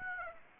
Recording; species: mosquito wingbeat signal from an infrared sensor; Aedes aegypti